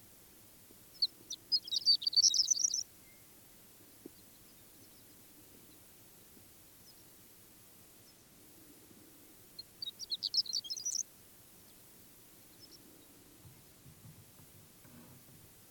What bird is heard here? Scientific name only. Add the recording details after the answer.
Eremophila alpestris. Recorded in the wild. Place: Wüste Gobi, MN. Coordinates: 42.94, 105.082. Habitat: Desert. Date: 1979-06-01 05:45. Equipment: Nagra III BH, Sennheiser MD 21, parabola. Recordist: Schubert, Michael